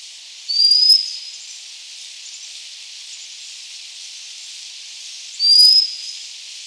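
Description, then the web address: White-capped redstart giving thin, sharply rising high whistles, two calls about five seconds apart, against a constant hiss. "white capped river chat call"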